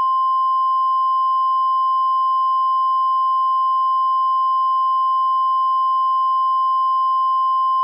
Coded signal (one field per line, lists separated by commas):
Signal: Emergency Alert System (SAME) tones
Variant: 1050 Hz attention tone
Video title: THE TROLLGE [EAS SCENARIO]